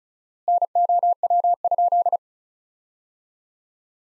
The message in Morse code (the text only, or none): NOW?